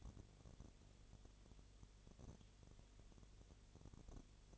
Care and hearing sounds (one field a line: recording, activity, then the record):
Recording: daily activity, microphone in the room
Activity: no activity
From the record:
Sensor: 4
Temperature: 22.6 degrees Celsius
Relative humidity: 32.0%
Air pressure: 1008.1 hPa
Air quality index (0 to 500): 113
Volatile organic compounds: 2 ppm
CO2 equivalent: 1102 ppm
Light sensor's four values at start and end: 2/3/1/1 and 2/3/1/1